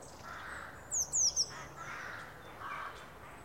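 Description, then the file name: Eurasian blue tit giving a single burst of three thin, high, descending notes, with soft whooshing noise around it. "Cyanistes caeruleus"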